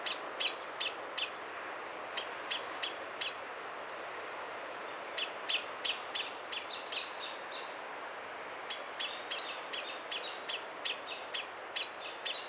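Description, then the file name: Common blackbird calling with hard metallic chinks in quick bursts, a gap of about two seconds, then longer rapid runs of the same notes. "Turdus merula"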